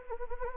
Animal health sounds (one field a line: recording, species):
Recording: mosquito wingbeat signal from an infrared sensor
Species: Anopheles gambiae